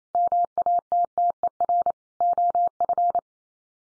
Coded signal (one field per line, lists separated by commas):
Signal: Morse code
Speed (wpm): 28 wpm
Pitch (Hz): 700 Hz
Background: none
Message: MATTER OF